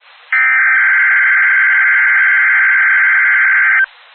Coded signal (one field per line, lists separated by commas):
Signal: Emergency Alert System (SAME) tones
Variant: header bursts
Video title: REQUIRED WEEKLY TEST (EAS ALERT 175)